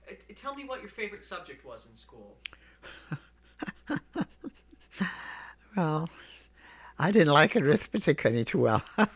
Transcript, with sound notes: Tell me what your favorite subject was in school.
( he laughs ) Well, I didn't like arithmetic any too well.